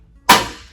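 An ink ribbon cartridge for an Epson TM-U220 impact receipt printer is pressed into place with the ribbon behind the print head. After a quiet start, a single sharp click sounds at 0.3 s and fades quickly. The click means the cartridge has seated and is secured.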